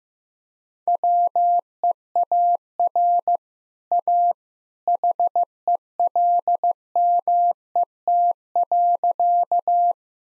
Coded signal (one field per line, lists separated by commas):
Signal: Morse code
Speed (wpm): 15 wpm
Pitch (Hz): 700 Hz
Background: none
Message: WEAR A HELMET.